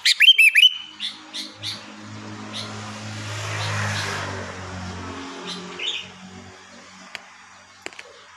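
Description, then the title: Sooty-headed bulbul song: a quick bubbly whistled phrase at the start, a few softer notes, then rushing noise and low hum. "Kutilang"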